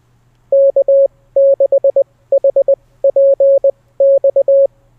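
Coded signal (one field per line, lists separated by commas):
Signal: Morse code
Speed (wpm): 20 wpm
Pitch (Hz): 550 Hz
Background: none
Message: K6HPX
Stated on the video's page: Callsign copy speed practice for SOTA CW.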